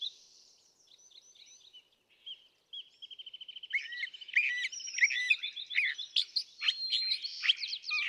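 California thrasher song, soft scattered notes at first, then a quick series of even repeated notes building into loud, varied, jumbled chirps and warbles.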